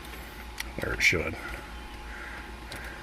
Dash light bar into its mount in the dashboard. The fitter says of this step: and it snaps this down into place to hold it there